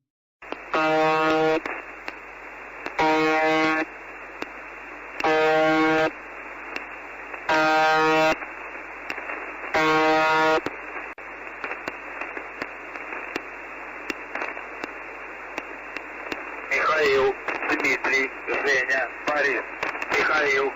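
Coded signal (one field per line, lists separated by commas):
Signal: numbers station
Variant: UVB-76 (The Buzzer)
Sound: five harsh one-second buzzes about 2.4 s apart, hiss, then a faint voice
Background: radio static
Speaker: When the transmission is interrupted, it's by a voice, a male speaker, and no official explanation has ever been given for its purpose.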